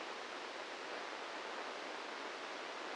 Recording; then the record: brain microelectrode recording played as sound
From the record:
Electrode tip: inside the subthalamic nucleus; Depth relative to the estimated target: -2 mm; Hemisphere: left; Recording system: NeuroSet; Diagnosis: Parkinson's disease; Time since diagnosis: 8 years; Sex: male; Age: 46 years